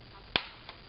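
The plastic fold-out panel of a Terminator 3: Rise of the Machines Limited Edition (R2FR) DVD box set is folded up into its holder. A sharp, bright snap at 0.4 s marks the panel seating into place, followed by a fainter tick at 0.7 s over quiet background noise. The panel snaps home as expected, and the snap is normal.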